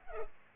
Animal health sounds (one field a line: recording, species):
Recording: mosquito wingbeat signal from an infrared sensor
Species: Culex pipiens